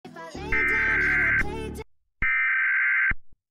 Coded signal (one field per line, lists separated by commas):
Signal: Emergency Alert System (SAME) tones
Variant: header bursts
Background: speech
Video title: EAS Scenario │ SCP 1048 Containment Breach